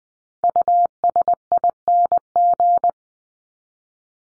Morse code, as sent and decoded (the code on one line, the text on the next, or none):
..- ... .. -. --.
USING